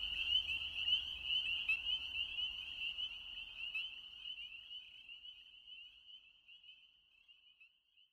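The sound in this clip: Spring peeper chorus of shrill, high peeps overlapping in a continuous band, loud at first and then gradually fading away toward silence.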